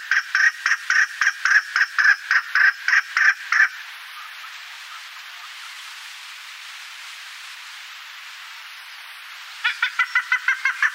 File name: Alectoris chukar